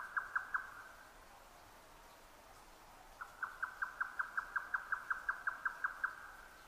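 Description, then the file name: Grey nightjar song: the last few notes of one series, a silent gap of about two and a half seconds, then a fresh fast run of level, repeated clucks. 12 June 2009 at 22:41. "yotaka-20090612-2241"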